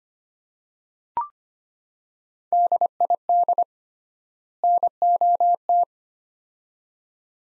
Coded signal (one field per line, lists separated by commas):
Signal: Morse code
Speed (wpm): 25 wpm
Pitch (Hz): 700 Hz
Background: none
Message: DID NOT